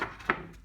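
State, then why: Seated. The middle wooden slat of a Mountain Air Organic platform bed is pushed into the snap mechanism on the frame while a partner pushes from the other end. After a softer knock at the very start, a sharp, bright snap is heard at 0.3 s, followed by a brief low rattle. The slat snaps into place and is seated in the frame.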